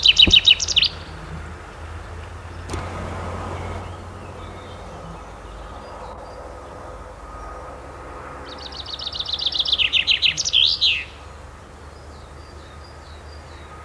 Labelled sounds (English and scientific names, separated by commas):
Common Chaffinch (Fringilla coelebs) song